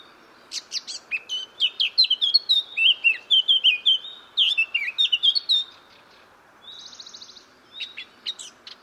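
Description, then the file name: Eurasian blackcap song: a long hurried warble that swells into bright fluty whistles, followed by a brief buzzy trill and a few scattered high notes. "Sylvia atricapilla"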